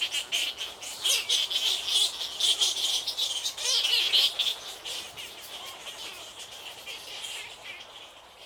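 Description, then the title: Bats calling as a colony: a dense chorus of shrill squeaks and chattering bursts that swell and ebb over several seconds, then thin out toward the end. Many bats on Île Napoléon, Lake Kivu, Rwanda. "Ile Napoléon, lac Kivu, Rwanda - bats bats bats"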